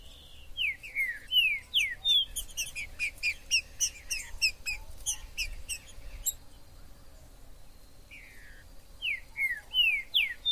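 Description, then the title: Green-winged saltator song: slurred whistled notes repeated in a quick series, a pause, then another series, over a low background hum. Trinca-ferro in the forest (mato), described as a 'major' singer, calling, singing and acting male in a contest; used to stir up a pet bird. "TRINCA Piando, Cantando E Macheando Na DISPUTA. TRINCA FERRO no MATO. Trinca ferro MAJOR no MATO"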